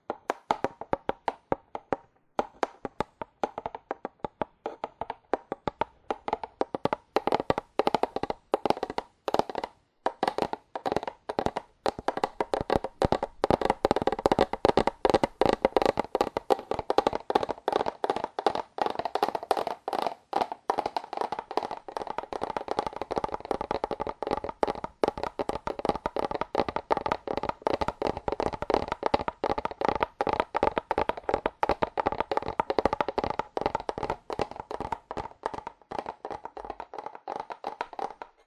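Fast, aggressive tapping on cardboard, dense rapid hollow knocks running nonstop for the whole clip, slightly fuller and louder through the middle.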